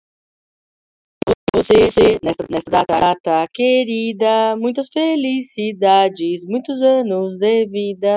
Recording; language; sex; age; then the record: short text; Brazilian Portuguese; female; 50 to 59 years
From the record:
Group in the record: control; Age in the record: 52 years